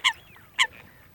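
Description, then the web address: Eurasian coot calls, two short loud nasal notes about half a second apart against a low hiss. Decoy sound chip used for luring. "Лысуха Folaga. plurifon"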